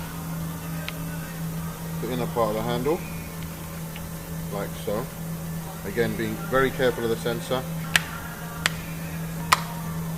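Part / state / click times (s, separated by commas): inner door handle part into car door / seated / 8.0 s, 8.7 s, 9.5 s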